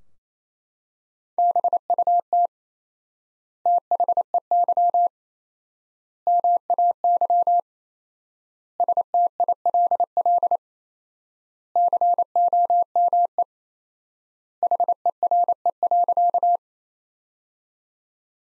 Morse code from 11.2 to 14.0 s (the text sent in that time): COME